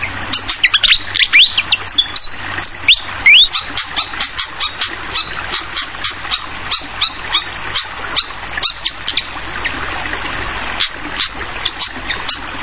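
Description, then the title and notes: Fantail song mixing quick whistled slurs and a rising note early on, then many repeated high chips, steadily accompanied by rushing water. Tutoring (masteran) song for training songbirds, clear voice, mixed with the sound of flowing water. "Masteran Sikatan Kipas Suara Jernih Dan Suara Gemericik Air. Suara Burung Sikatan Londo"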